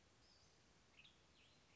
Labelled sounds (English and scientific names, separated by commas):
Western Tanager (Piranga ludoviciana)